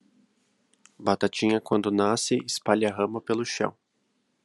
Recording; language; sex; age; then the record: short text; Brazilian Portuguese; male; 18 to 19 years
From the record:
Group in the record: control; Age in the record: 19 years